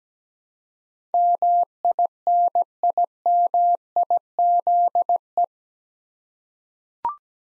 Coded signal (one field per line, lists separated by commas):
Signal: Morse code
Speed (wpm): 17 wpm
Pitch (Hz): 700 Hz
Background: none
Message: MINIMIZE